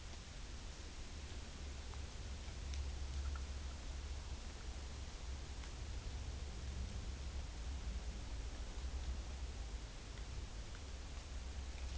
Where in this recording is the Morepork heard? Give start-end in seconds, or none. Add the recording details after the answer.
none. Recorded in New Zealand on 11 September 2013. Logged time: 02:19. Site Ponui